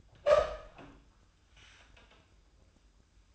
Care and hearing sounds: daily activity, microphone in the room; open door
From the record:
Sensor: 2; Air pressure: 1004.7 hPa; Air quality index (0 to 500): 74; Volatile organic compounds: 1 ppm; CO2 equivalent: 881 ppm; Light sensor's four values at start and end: 7/16/6/6 and 7/16/6/7

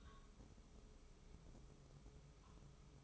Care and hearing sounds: daily activity, microphone in the room; take from stove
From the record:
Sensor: 1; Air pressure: 995.5 hPa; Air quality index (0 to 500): 31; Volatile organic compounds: 1 ppm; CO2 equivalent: 567 ppm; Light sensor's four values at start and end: 29/103/39/41 and 29/103/39/41

